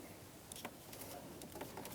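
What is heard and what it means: On a 2000–2006 Chevrolet Tahoe, the left heater hose connector tee's quick connector is aligned with the heater core tube at the firewall and pressed in by hand. A faint, sharp click sounds at 0.5 s as the connector seats, followed by several softer ticks and handling noises over a low background hiss.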